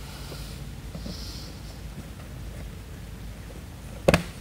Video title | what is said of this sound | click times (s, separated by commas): 2011 Cadillac SRX quick interior disassembly for sunshade removal pt2 | plastic in it little little click little snap that's all you're looking for | 4.1 s